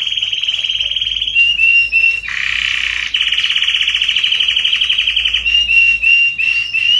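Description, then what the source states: Canary song of continuous rapid trills broken by a coarse buzzy passage, ending with clear whistled notes rising in pitch. Red Belgian canary singing.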